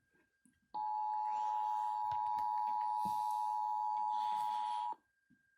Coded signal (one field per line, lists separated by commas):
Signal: Emergency Alert System (SAME) tones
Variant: 853 and 960 Hz attention tone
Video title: MTPR NEARLY FAILED... (3/1/23) (EAS #1,981 - 1,990)